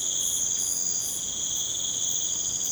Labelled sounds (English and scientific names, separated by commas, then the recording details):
none
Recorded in pastures near Puerto Asís, Putumayo, Colombia, on 12 March 2025 at 01:30
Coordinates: 0.505, -76.324
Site GP08